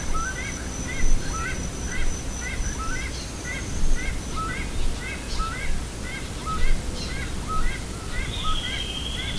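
Bird giving short two-note chirps about once a second, steady and insistent, over constant low-pitched background rumble with a thin high whine.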